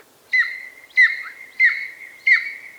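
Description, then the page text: Golden Eagle giving four thin, high yelps with a quick downward slur, spaced roughly two-thirds of a second apart over near silence. "Golden Eagle: From Aztec Legend to the Steppes of Kazakhstan (Bird Note. Chirp Nature Center"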